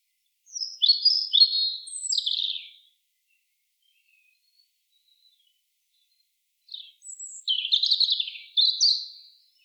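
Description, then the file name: European robin song, a pair of high, sweet warbled phrases mixing sharp slurred whistles and short trills, separated by a long pause of silence. "Erithacus rubecula"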